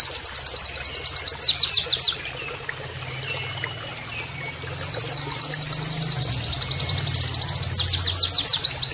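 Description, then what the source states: Oriental white-eye song in long, fast, high trills of evenly repeated notes, with a pause of a couple of seconds between two trills and a low rumble in the background. Masteran training audio of an Oriental white-eye (pleci) singing canary-like phrases, a style called nembak kenarian.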